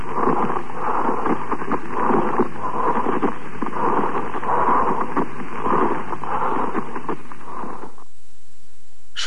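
Pleural friction rub heard over an adult chest with a stethoscope, a repeating grating sound with each breath. It occurs with inflammation of the pleural layers (dry pleurisy), with urea crystals deposited on them in uremia, and with tuberculous or cancerous involvement of the pleura.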